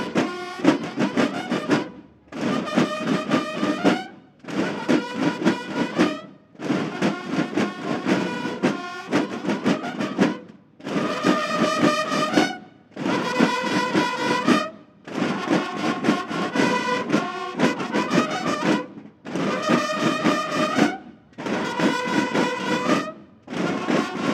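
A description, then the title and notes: A military band plays a march in an open plaza, sounding in short, loud phrases of about two seconds each with brief pauses between them. Bright brass notes ride over a steady, pounding drum beat, and the pattern repeats regularly throughout. War Band At Zocalo At Plaza De La Paz. Walking downtown I ran into this military march in the middle of Plaza de la Paz.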